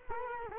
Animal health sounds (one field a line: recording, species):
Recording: mosquito wingbeat signal from an infrared sensor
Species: Culex quinquefasciatus